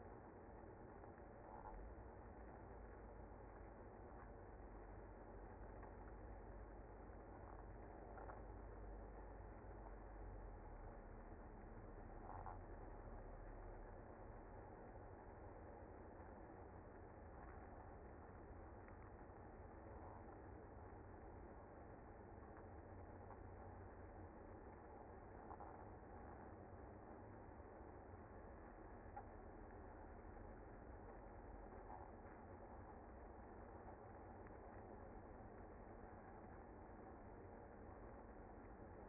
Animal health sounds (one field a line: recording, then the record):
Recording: honeybee colony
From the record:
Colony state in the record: active